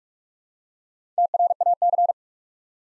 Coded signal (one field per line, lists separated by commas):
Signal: Morse code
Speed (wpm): 44 wpm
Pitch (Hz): 700 Hz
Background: none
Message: TRAC